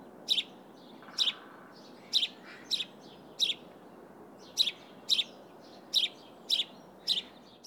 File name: Passer domesticus